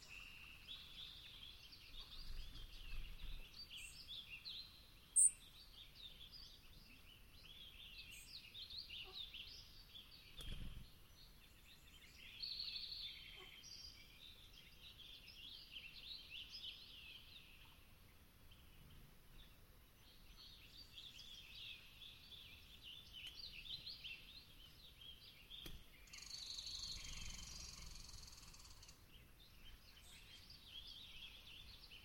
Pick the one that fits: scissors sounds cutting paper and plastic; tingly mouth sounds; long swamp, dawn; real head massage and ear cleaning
long swamp, dawn